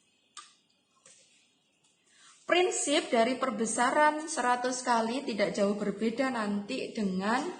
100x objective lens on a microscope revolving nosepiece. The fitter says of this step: ke arah perbesaran lensa objektif 100 kali. Sampai bunyi tek.